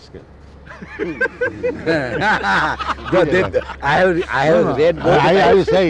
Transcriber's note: laughter